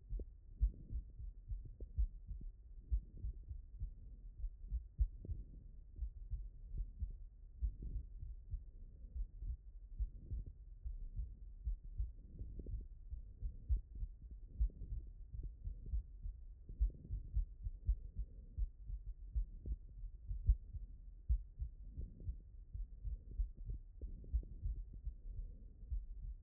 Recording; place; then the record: heart sounds by stethoscope; aortic valve (AV)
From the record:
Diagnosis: non-HFrEF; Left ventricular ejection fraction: 57%